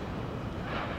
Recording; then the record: background sound without coughing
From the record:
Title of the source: 30 MINUTES Construction Site Ambience (CC BY 4.0)